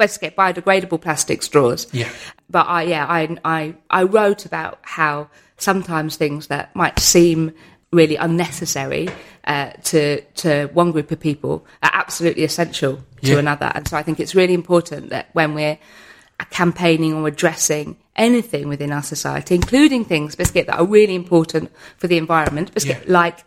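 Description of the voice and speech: An adult woman with Tourette syndrome, which causes both physical and vocal tics, speaks fluently, but the involuntary word 'biscuit' breaks into her speech twice as a vocal tic.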